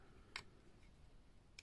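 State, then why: Seated. After the character wheel of an embossing label maker is changed, the small plastic retaining clip is pressed down over the wheel and snaps into place with two sharp, bright ticks at 0.4 s and 1.6 s over a quiet low background. The clip is seated and now holds the wheel.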